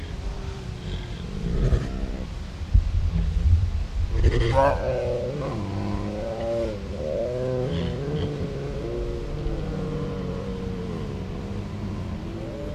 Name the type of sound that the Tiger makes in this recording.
contact call